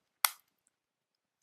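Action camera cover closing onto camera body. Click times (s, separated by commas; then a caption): 0.2 s. A plastic cover on a Garmin Virb Elite action camera is closed onto the camera body and snaps into place with one sharp, bright click at 0.3 s that fades within about 0.15 s. Two much fainter ticks follow at 0.7 s and 1.5 s, and the cover ends up seated.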